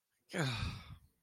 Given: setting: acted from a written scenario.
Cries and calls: vocal sound without words; guilt

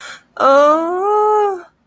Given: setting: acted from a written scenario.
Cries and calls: vocal sound without words; distress

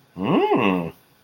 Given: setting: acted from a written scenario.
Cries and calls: vocal sound without words; interest

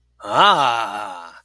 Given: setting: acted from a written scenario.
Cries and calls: vocal sound without words; positive surprise

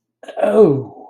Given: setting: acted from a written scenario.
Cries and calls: vocal sound without words; disgust

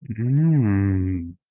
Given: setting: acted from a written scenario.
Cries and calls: vocal sound without words; serenity

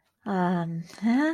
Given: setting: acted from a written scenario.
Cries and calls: vocal sound without words; shame

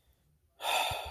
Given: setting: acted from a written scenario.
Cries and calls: vocal sound without words; sadness

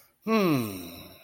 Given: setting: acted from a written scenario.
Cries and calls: vocal sound without words; contentment

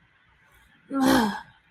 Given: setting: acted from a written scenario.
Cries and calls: vocal sound without words; disappointment

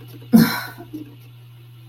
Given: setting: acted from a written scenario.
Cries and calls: vocal sound without words; sadness

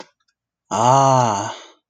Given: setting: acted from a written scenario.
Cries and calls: vocal sound without words; realization

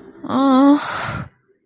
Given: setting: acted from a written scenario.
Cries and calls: vocal sound without words; sadness

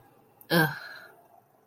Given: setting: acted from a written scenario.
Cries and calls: vocal sound without words; contempt

